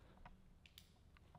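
Crimped female pin contacts on wires are pushed through the rubber gasket into a plastic Deutsch-style multi-pin plug housing for a car audio quick disconnect. Sharp clicks sound at 0.7, 0.8 and 1.2 seconds as the contacts lock, leaving them fully seated.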